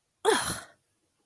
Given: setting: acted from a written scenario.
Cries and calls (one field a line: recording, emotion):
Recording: vocal sound without words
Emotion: anger